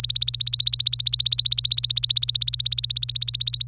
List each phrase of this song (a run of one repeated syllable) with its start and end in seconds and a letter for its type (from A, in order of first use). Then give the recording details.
0.00-3.64 A. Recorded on 25 April 2018 at 17:30. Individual llb3